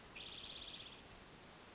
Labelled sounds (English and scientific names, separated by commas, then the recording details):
Western Flycatcher (Empidonax difficilis)
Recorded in Sonoma County, California